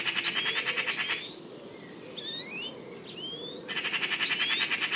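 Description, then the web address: Bird calls: a rapid, pulsing buzzy trill at the start and end, with a few clear rising whistles between. "cianscape birddata Deverinetal"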